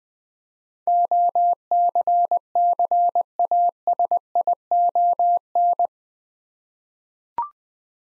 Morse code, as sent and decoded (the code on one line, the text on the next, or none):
--- -.-. -.-. .- ... .. --- -.
OCCASION